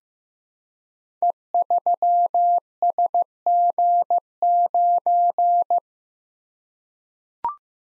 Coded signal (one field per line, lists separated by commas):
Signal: Morse code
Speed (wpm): 15 wpm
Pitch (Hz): 700 Hz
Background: none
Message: E3SG9